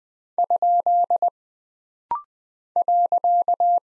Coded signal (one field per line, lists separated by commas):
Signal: Morse code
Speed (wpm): 20 wpm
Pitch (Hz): 700 Hz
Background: none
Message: ? .